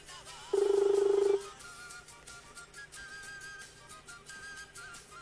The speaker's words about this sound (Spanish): Vamos a llamar a la municipalidad de Ceres, en la provincia de Santa Fe. Ahí está sonando el teléfono. A ver si nos atiende. Siete de la mañana, 15 minutos. No contesta nadie en Ceres.